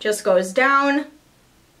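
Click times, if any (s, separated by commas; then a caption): none. Someone talks while handling a small metal septum clicker ring, with its hinged segment being pressed down toward the body of the ring. Only speech is heard for about the first 1.2 seconds, followed by near silence. The hinge has not snapped shut yet, and nothing has seated or clicked.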